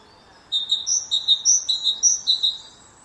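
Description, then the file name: Great tit giving bright, repeated phrases of two lower notes then a higher one, steady rhythm for about two and a half seconds over faint hiss. "Parus major"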